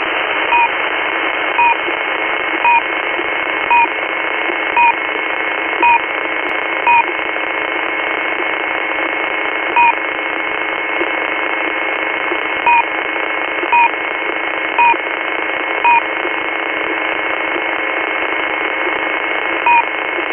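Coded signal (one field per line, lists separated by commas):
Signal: unidentified radio signal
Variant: One Beep, Two Beep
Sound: short two-tone beeps over hiss, in irregular singles and small groups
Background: radio static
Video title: Intermittent beeping signal at 6429 kHz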